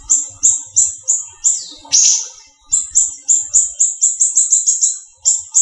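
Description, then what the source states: Greater green leafbird song: a run of high, short whistled notes, mostly evenly spaced, broken once by a harsher falling sweep, with faint low rumbles underneath. Local name Cucak Ijo, variety called daun kecil.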